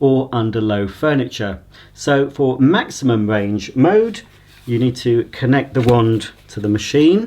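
Someone talks while handling the extension wand of a Miele TriFlex HX1 Cat & Dog vacuum cleaner, getting ready to push it into the vacuum body with the button facing forward. Only speech is heard, and nothing has seated or clicked yet.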